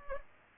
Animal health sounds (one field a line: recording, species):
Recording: mosquito wingbeat signal from an infrared sensor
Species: Culex pipiens